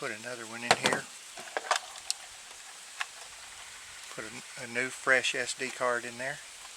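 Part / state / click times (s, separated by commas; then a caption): SD memory card into trail camera card slot / not seated / none. A fresh SD memory card is handled at the card slot of a trail camera while someone talks. Short, sharp clicks and taps from handling the card and camera are heard, with a brief hiss. Nothing has seated or clicked yet.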